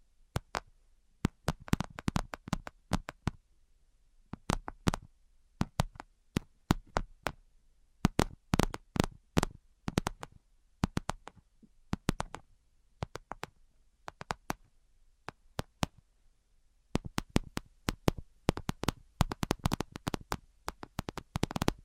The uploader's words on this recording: ASMR 10 Levels of Tapping Tingle Immunity Treatment (No Talking).